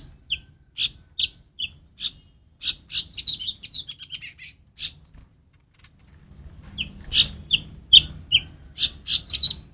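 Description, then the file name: Cucak rante song: a lively series of sharp, clear high notes, some quick trilled runs in the middle, with a low rumble of background noise. "cucak rante mas"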